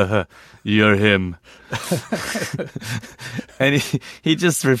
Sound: laughter

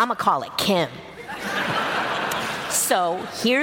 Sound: laughter

